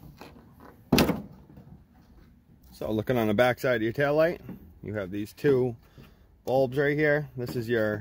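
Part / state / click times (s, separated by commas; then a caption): tail light housing out of the truck body clips / released / 0.9 s, 1.0 s. The plastic tail light housing of a 2004–2008 Ford F-150 pickup is pulled straight back out of the truck body, releasing it from the retaining clips it is locked into. A sharp pop at 0.9 s and 1.0 s marks the housing coming free of its clips. Someone then talks.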